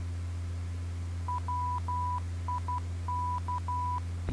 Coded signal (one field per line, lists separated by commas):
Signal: Morse code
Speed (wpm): 12 wpm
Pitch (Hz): 990 Hz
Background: none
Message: WIK